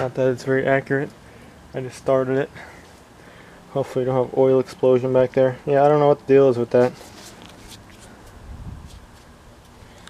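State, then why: Not seated. Someone talks while pushing a wiring connector onto the replacement oil pressure sensor at the back of the engine of a Silverado, Sierra, Yukon or Suburban, part of a repair for an oil pressure gauge reading 80 psi. After the talk there is quiet background noise with two brief faint knocks. The connector fails to latch, and nothing has seated or clicked yet.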